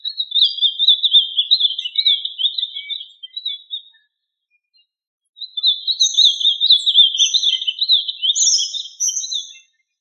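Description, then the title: Bird singing two long, rapid warbled phrases of high trilled notes separated by a pause of about one and a half seconds, the second phrase adding sharper, higher whistles near its end. "LuckyPassaros CompletosSama"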